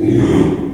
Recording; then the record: squeal of a Yucatan mini pig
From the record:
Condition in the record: after surgery on the right vocal fold (resection and tissue-engineered implant); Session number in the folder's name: 4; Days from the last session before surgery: 42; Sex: male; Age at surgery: 12 weeks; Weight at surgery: 13 kg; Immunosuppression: cyclosporine, prednisolone